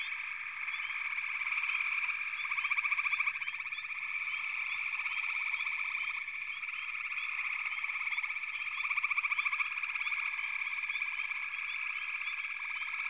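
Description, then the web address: Chorus of frogs: unbroken shrill trilling, with louder pulsed runs at intervals and scattered quick chirps throughout. "Natures Songs Sleep Sounds of Nature FROGS Frog Chorus"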